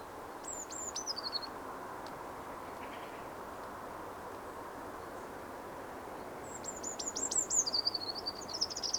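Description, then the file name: Eurasian wren song: a short burst of high descending notes, then after a pause a faster run of sharp twitters and trills, with steady background noise. "Troglodytes troglodytes"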